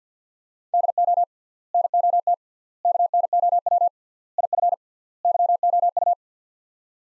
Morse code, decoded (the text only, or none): DO NOT KNOW IF YOU